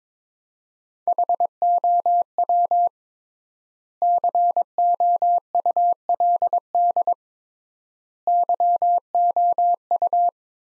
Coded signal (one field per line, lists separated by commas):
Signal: Morse code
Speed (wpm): 22 wpm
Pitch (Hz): 700 Hz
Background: none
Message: HOW COULD YOU